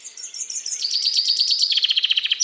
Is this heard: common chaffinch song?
yes